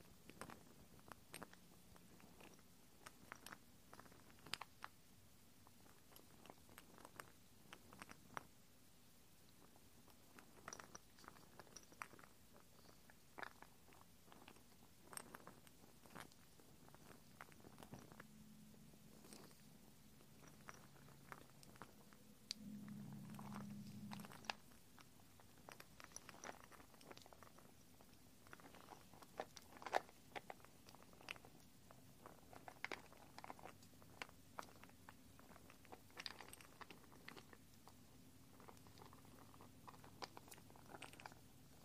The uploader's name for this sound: Assorted Gentle Sounds .. Silent . Clicky . Sticky . Soapy